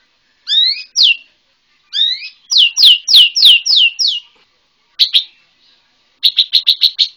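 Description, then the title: White-rumped shama song: whistled phrases of steep descending slurs, a run of six repeated notes, then a quick buzzy trill. Bornean white-rumped shama. "MURAI BORNEO MAS KIKI"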